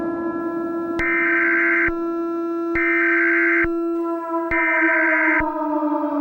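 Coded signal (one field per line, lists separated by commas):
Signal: Emergency Alert System (SAME) tones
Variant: header bursts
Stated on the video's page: Fictional alternate-history EAS scenario made with CapCut.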